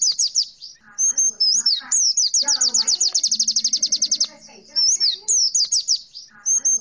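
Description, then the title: White-eye: high, thin warbling notes followed by a fast, even trill lasting about two seconds, then more sliding notes; faint low hum in the background. "Pleci"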